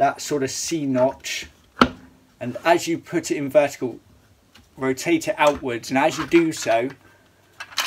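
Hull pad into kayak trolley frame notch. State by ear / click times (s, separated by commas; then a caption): seated / 7.6 s, 7.8 s. A plastic hull pad is inserted vertically into a notch on the frame of a Railblaza C-Tug kayak trolley and rotated outwards while someone talks, with a sharp knock near 1.8 s. The pad locks into place with two quick clicks at 7.6 and 7.8 s, seating solidly.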